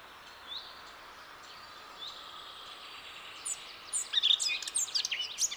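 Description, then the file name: Eurasian blackcap song, faint soft notes at first, then a brief loud burst of rich whistled and warbled phrases over steady background hiss. "Sylvia atricapilla"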